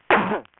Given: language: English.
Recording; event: throat vibration sensor signal played as sound; cough